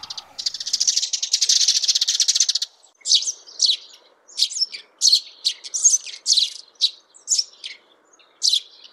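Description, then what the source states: House sparrow chattering: a fast buzzy rattle for a few seconds, then a series of separate harsh chirps. Calls described as chatty or argumentative.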